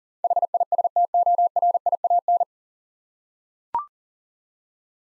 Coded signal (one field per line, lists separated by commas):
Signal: Morse code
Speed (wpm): 38 wpm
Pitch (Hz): 700 Hz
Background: none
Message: HISTORIAN